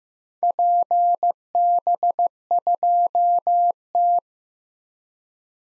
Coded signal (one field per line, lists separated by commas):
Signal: Morse code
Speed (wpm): 15 wpm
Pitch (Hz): 700 Hz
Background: none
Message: PB2T